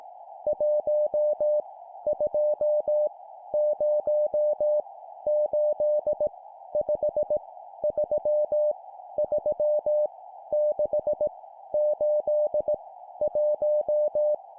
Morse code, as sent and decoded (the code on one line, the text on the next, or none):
.---- / ..--- / ----- / ---.. / ..... / ...-- / ...-- / -.... / ---.. / .----
1 2 0 8 5 3 3 6 8 1